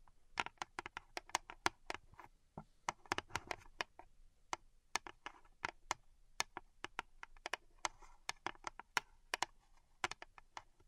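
Pink salt zen garden triggers: crisp, bright taps and clicks arrive in quick, uneven bursts, bunching most densely in the first four seconds. After that the taps space out a little but keep coming steadily to the end, over a faint low rumble.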